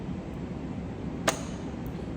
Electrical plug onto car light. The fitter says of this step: push on until you hear a click on